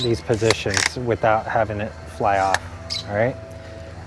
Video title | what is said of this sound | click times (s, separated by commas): Paintball Marker Drop down Air Stock install | it doesn't touch the asa but it doesn't allow it to click in that first notch | none